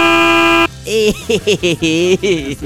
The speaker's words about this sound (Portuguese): Fala que o Krausebeck põe um bip